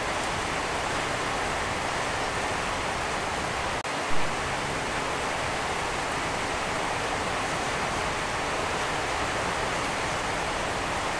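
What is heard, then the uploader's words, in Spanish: Rain falls on a sheet-metal roof, making a steady, dense hiss that holds even from start to finish. The pattering is fast and thick, bright rather than low. A brief click near four seconds is followed by a small bump in loudness, then the rain continues unchanged. Solamente me puse a grabar el sonido de la lluvia cayendo sobre la lámina de mi casa.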